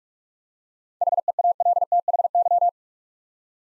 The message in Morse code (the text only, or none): HEALTHY